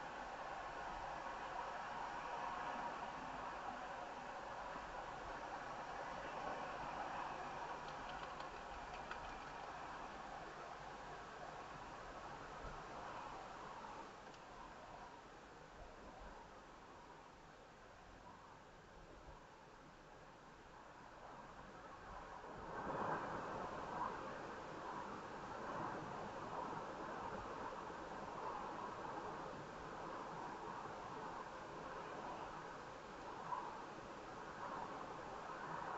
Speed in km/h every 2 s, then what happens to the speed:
47, 47, 47, 50, 53, 56, 58, 60, 63, 66, 68, 69, 68, 69, 66, 60, 55, 60.
4-21 speeds up to 69. 21-26 steady at about 69. 26-31 slows to 55.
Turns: none.